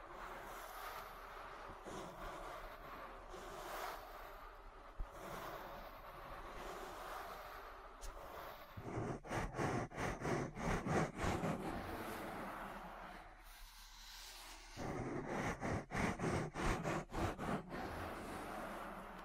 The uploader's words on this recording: ASMR Relaxing Ear Massage. (No Talking).